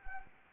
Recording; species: mosquito wingbeat signal from an infrared sensor; Anopheles arabiensis